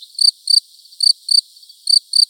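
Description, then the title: Field cricket chirping: short, shrill pulsed chirps in pairs, ringing with a bright high tone. Buoux, Vaucluse, France, May 2010. "Sylvain Jaskowiak - Animus. Grillon champêtre - Buoux, Vaucluse - mai 2010"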